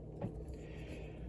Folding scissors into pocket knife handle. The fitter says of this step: what a great pair of scissors and they snap right into place like they should